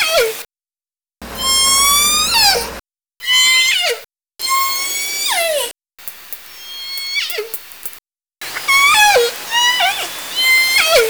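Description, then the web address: Orca calls in a chain of bright, harmonic squeals, each bending down into a low, falling tail, with short silent gaps between separate bursts. "Orca Calls Nora"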